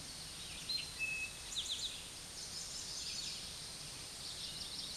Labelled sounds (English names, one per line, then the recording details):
Eastern Towhee song
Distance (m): 20 m
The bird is about 10 m above the microphone
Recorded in a Pennsylvania forest on 16 May 2024 at 06:45
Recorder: AudioMoth, point MSD-0398
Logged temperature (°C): 16.4 °C
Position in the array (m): 160 m, 98 m